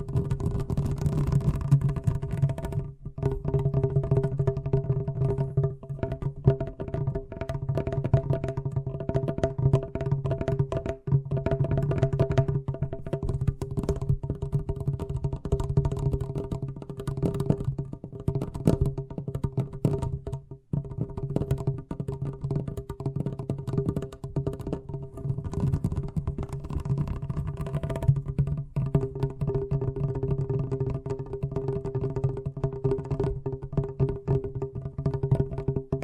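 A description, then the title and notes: Fast tapping runs without letup through the whole stretch, a dense, even patter of quick strikes. Beneath it sits a steady low hum with a bright tonal line above, and the tapping briefly drops out near three, eleven and twenty seconds. ASMR Braingasm Inducing Fast Tapping (No Talking).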